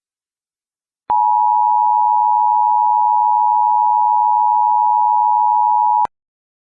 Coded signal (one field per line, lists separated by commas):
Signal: Emergency Alert System (SAME) tones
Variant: 853 and 960 Hz attention tone